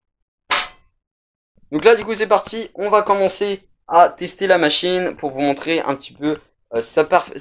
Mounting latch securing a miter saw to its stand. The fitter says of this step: Donc on ferme le loquet et logiquement vous allez entendre un clic, et ce clic c'est un petit donc cadenas sur le côté qui va venir donc s'enclencher pour éviter que la machine donc se déclipse et se casse la gueule.